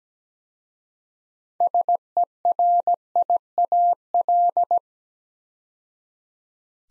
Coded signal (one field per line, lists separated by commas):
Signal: Morse code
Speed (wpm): 17 wpm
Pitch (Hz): 700 Hz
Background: none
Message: SERIAL